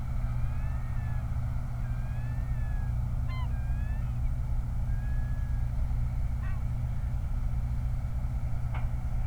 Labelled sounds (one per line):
loon
vehicle